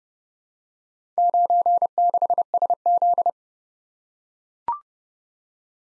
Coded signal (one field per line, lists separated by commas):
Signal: Morse code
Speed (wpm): 30 wpm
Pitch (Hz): 700 Hz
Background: none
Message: 96SZ